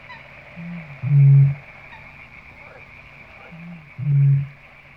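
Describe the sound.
Eurasian bittern booming, a very deep hollow 'oo-WHUMP' given twice, a soft intake note before each loud boom, over a steady faint hiss.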